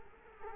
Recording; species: mosquito wingbeat signal from an infrared sensor; Culex quinquefasciatus